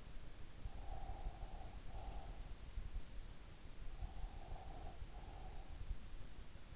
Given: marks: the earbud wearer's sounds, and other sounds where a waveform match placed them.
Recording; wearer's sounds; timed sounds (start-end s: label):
sounds in sleep by an in-ear microphone; breath
0.49-2.62 s: breath
3.98-5.73 s: breath